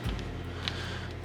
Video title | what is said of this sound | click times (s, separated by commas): ADC SWM-150 Smart Water Meter and Valve Installation | once you hear it click, | 0.7 s